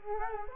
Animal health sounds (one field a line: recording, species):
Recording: mosquito wingbeat signal from an infrared sensor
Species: Culex quinquefasciatus